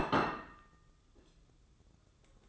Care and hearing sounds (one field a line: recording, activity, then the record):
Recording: daily activity, microphone in the room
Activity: place plate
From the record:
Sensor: 3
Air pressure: 995.3 hPa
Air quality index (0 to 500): 77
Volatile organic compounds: 5 ppm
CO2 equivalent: 1816 ppm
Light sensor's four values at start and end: 15/44/19/15 and 15/45/19/15